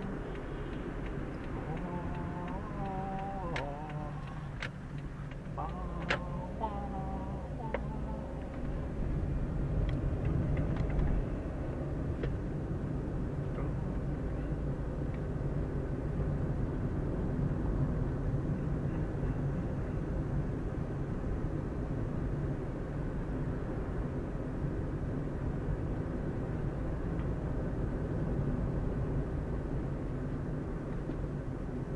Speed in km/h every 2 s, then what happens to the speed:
36, 24, 14, 20, 25, 29, 31, 33, 34, 32, 35, 34, 35, 35, 35, 33.
0-4 brakes to 14. 4-13 speeds up to 33. 13-32 steady at about 34.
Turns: 3-7.